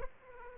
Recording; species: mosquito wingbeat signal from an infrared sensor; Aedes aegypti